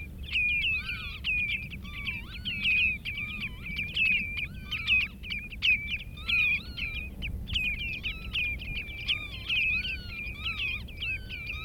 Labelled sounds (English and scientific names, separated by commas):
Common Redshank (Tringa totanus) call